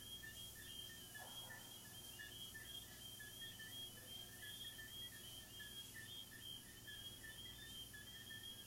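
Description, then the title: Cricket chorus of continuous pulsed chirps at two pitches, unbroken for the whole stretch, with a faint low rumble underneath. Crickets recorded in the recordist's garden. "Asmr crickets"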